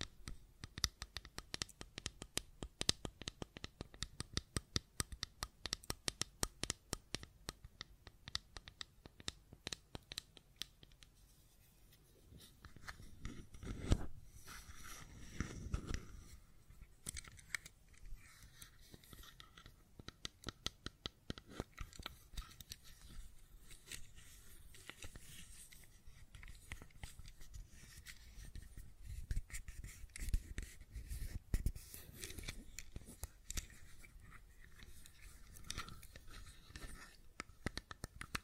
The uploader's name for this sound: Fidget Cube Tapping and Clicking Sounds